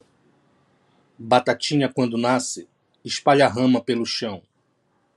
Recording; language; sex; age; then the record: short text; Brazilian Portuguese; male; 40 to 49 years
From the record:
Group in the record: control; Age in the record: 42 years